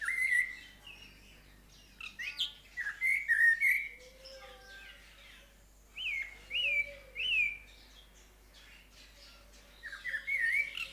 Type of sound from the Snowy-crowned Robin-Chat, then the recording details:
song. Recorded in captivity. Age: adult. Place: Zoo Berlin, Berlin, DE. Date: 1997-11-22 11:18. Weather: overcast, ca.1°C. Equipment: Nagra SN, Kopie Uher 4000 Report Monitor. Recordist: Tembrock, Günter. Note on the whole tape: Gesang, Entfernung ca. 5 m